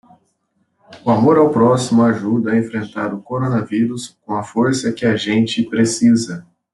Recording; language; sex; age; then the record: spoken sentence; Brazilian Portuguese; male; 20 to 29 years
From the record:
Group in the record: control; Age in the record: 24 years